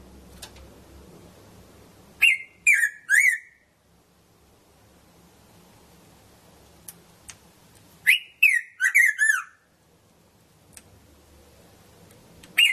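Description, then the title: Red-throated parrotfinch giving short groups of falling whistles, three notes at first, then a longer group after several seconds of near silence, with a faint low hum between. "Erythrura Psittacea"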